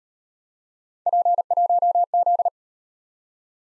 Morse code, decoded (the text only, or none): P1Z